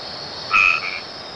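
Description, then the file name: White-edged treefrog giving one short, clear honking note followed by a fainter tail, set against a constant high-pitched background hum. "Boana albomarginata"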